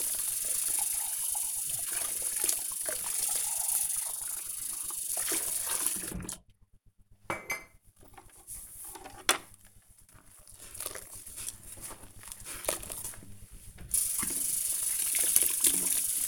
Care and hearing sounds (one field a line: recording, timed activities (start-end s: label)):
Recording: household activities, microphone on the right wrist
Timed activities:
0.00-16.28 s: washing dishes